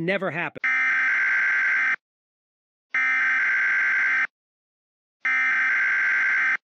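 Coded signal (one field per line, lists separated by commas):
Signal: Emergency Alert System (SAME) tones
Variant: header bursts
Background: speech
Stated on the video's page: Fake hypothetical EAS scenario; simulated alert tones for a Florida tornado outbreak.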